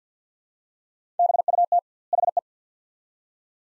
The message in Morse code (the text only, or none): BUT HE